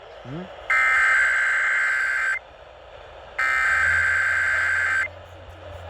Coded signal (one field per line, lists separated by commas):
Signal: Emergency Alert System (SAME) tones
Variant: header bursts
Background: speech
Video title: EAS 2125-2130: EAS Alerts @ Camp pt 9 on 7/28/21